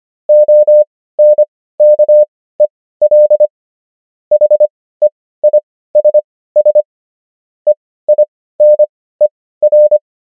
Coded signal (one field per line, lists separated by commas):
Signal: Morse code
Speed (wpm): 25 wpm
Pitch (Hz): 600 Hz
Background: none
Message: ONKEL HEISS EINER